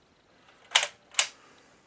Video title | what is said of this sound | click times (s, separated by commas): SERVICING THE MARCONI 4045 | And that's this clicking into place. | 0.8 s, 1.2 s